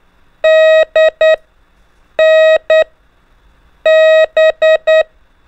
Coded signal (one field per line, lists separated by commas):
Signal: Morse code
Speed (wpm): 10 wpm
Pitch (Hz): 630 Hz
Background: none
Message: D N B